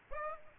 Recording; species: mosquito wingbeat signal from an infrared sensor; Aedes aegypti